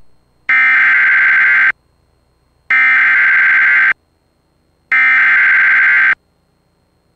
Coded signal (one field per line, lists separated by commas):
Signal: Emergency Alert System (SAME) tones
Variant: header bursts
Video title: Severe Thunderstorm Warning (EAS #595)